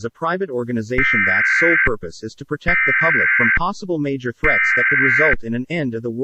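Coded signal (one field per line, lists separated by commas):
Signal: Emergency Alert System (SAME) tones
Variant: header bursts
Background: speech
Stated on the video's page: Fictional EAS scenario based on SCP-001, a horror recreation.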